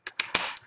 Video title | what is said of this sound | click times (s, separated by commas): Gateway NV59c Laptop Screen Replacement Procedure | Once you hear snapping sounds, that's a good sign. | 0.1 s, 0.2 s, 0.3 s